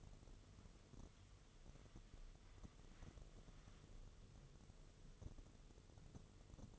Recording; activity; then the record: daily activity, microphone in the room; wipe stove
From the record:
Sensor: 4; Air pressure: 1016.0 hPa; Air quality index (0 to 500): 122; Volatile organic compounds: 3 ppm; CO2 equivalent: 1377 ppm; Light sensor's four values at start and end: 9/19/7/7 and 9/19/7/7